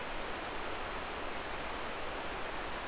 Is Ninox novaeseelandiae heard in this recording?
no